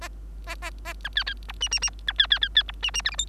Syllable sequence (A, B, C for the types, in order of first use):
A A A B C C D E E E B C C C C D E E F G H